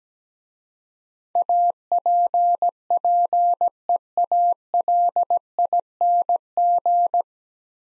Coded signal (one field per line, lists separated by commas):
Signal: Morse code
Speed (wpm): 17 wpm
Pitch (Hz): 700 Hz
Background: none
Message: APPEALING